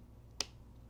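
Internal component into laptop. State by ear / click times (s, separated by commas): seated / 0.4 s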